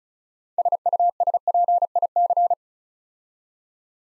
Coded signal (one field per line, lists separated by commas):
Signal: Morse code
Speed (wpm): 36 wpm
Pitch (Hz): 700 Hz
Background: none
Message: SUSPIC